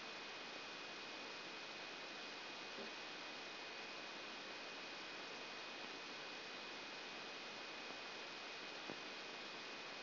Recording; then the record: brain microelectrode recording played as sound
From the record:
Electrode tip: outside the subthalamic nucleus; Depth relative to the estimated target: -4 mm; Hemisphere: left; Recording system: AlphaMap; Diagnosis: Parkinson's disease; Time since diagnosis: 11 years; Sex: male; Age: 56 years